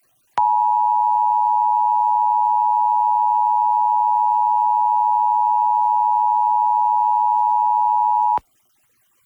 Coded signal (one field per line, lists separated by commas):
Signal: Emergency Alert System (SAME) tones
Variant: 853 and 960 Hz attention tone